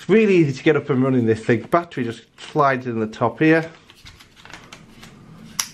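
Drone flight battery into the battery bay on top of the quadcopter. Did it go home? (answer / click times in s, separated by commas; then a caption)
yes / 5.6 s. Someone talks as a flight battery is slid into the battery bay on top of a small foldable Funsnap Idol quadcopter, with a few soft scraping taps from about 3.9 to 5.0 seconds. A sharp, loud click at 5.6 seconds marks the battery latching into place, seated.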